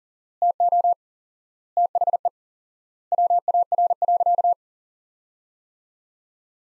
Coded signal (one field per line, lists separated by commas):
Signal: Morse code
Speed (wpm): 37 wpm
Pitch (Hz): 700 Hz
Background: none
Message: TO THE WAR.